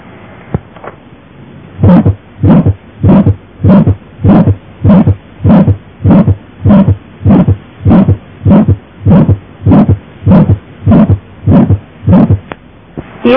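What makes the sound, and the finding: Heart sounds. Mid-systolic murmur.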